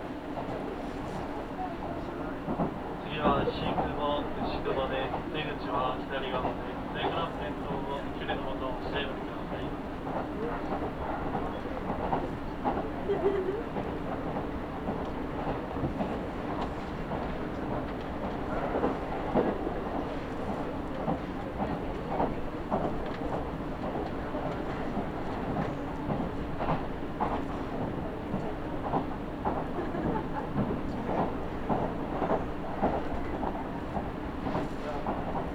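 A local train on the Iida Line rolls steadily with a low rumble and humming tone, voices murmuring throughout and brief squeals early on.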